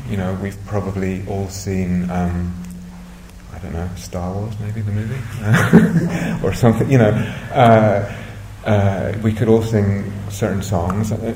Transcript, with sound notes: You know, we've probably all seen, I don't know, Star Wars, maybe, the movie? [laughter] Or something. We could all sing certain songs.